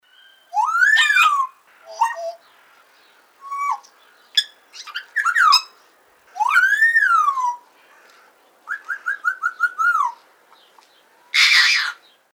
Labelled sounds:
Grey Parrot

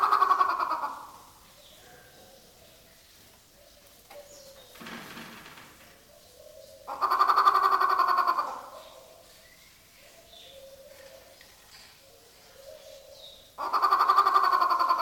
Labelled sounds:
White-rumped Shama

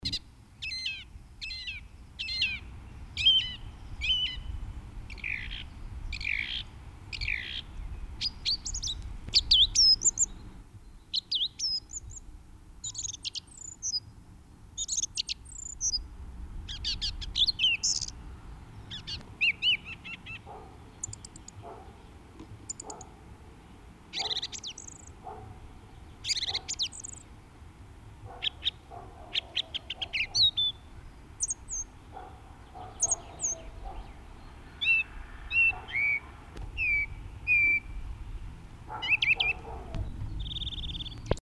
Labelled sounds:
Song Thrush song
Eurasian Nuthatch

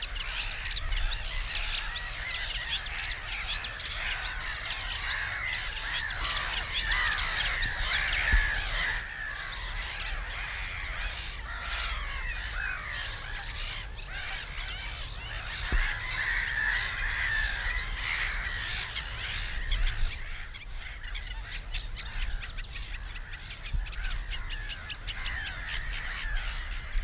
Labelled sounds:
Eurasian Reed Warbler song

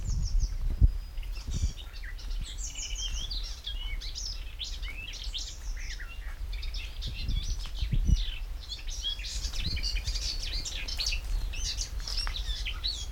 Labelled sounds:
Marsh Warbler

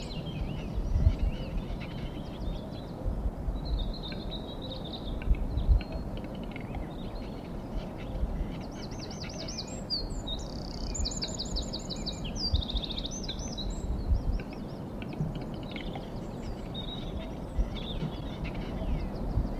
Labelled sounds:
Eurasian Wren

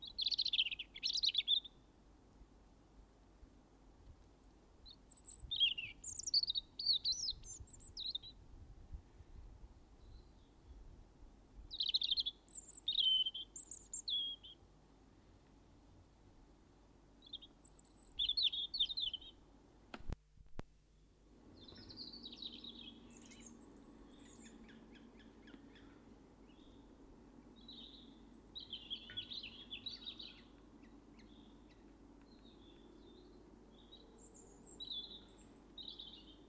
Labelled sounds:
European Robin song

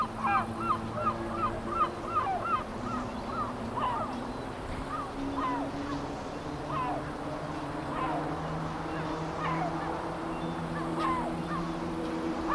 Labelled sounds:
Steppe Grasshopper stridulation

